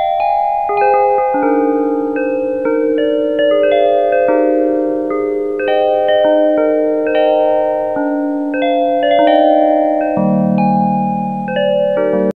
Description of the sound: Widex ZEN Melodie Lavender. Widex tinnitus therapy.